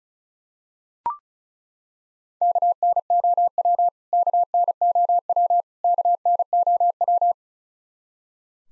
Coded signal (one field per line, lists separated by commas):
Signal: Morse code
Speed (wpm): 36 wpm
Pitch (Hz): 700 Hz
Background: none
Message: KNOW KNOW KNOW